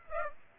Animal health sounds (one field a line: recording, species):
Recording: mosquito wingbeat signal from an infrared sensor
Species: Aedes aegypti